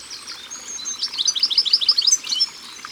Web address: Mesange bleue Au bord de leau. album au-bord-de-leau